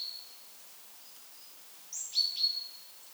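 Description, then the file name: Great tit calls: a faint thin high note at the start, then after a pause a pair of sharp descending high notes with a drawn-out whistle. "Parus major"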